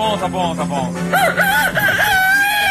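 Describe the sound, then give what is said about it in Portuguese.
A man's voice imitates a rooster crowing on the radio show Pretinho Básico, a loud drawn-out cock-a-doodle-doo with wavering, rising and falling pitch that ends on a long sustained high note. “Ele tá fazendo galo também.”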